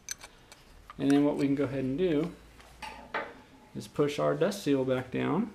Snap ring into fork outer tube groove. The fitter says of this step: as you can see and we're going to push it down and you should just feel it just snap right in place and then you know that's in place